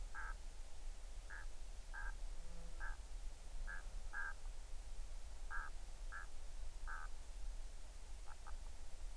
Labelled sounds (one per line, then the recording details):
waterfowl
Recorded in the Arctic National Wildlife Refuge, Alaska, on 20 July 2019 at 02:47
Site 38